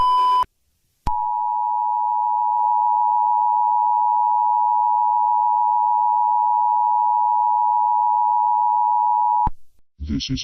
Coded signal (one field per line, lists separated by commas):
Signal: Emergency Alert System (SAME) tones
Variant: 853 and 960 Hz attention tone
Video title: (1.02) Eternal Frost (A COS EAS Scenario)